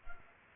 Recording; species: mosquito wingbeat signal from an infrared sensor; Culex pipiens